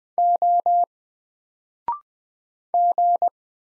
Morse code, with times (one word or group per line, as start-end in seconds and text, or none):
0.2-0.8 O
2.7-3.3 G